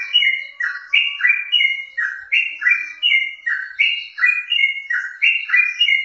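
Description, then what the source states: Yellow-vented bulbul song: a steady chatter of bubbly, slurred notes in quick succession without pause. Wild bird.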